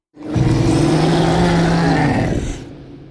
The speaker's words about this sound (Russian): Взревел мутант и вновь рванул дальше, разбрасывая перед собой автомобили.